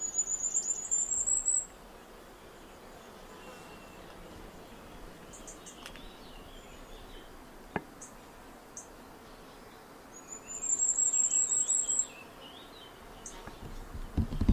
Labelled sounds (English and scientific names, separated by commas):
Common Firecrest (Regulus ignicapilla)